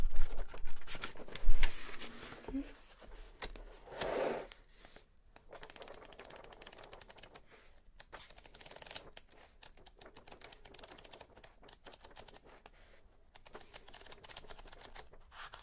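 Pages rustle and turn over the first few seconds, with a heavy thump near 1.5 seconds and a louder swishing burst around 4 seconds. From about 5 seconds on, quick, fairly even typing clicks continue steadily and softly to the end.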